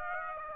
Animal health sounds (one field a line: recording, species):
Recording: mosquito wingbeat signal from an infrared sensor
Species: Aedes aegypti